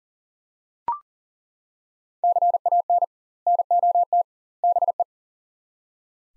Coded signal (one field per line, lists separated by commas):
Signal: Morse code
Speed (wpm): 40 wpm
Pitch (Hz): 700 Hz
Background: none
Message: CAN NOT BE